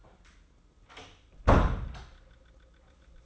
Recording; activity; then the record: daily activity, microphone in the room; close door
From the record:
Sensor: 3